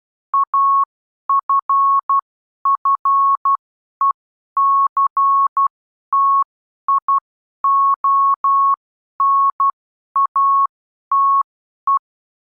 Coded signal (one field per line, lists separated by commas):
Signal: Morse code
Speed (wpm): 12 wpm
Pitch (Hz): 1100 Hz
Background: none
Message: AFFECTIONATE